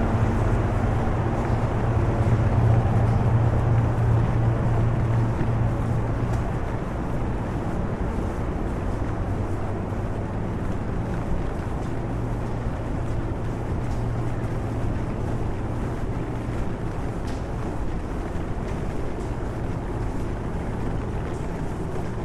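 A rainy walk through London's streets, with a dense, steady wash of rain and traffic. A strong low engine rumble dominates the first six seconds, likely a passing bus or large vehicle, then eases into a lighter, continuous drone with faint ticks and splashes scattered throughout.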